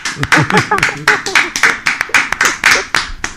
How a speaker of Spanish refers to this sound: Así que un aplauso para todos.